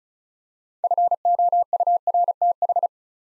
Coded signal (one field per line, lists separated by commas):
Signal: Morse code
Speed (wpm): 36 wpm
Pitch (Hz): 700 Hz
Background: none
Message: FOURTH